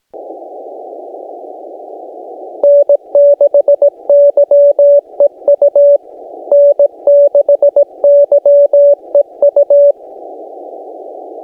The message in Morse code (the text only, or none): N6YEU N6YEU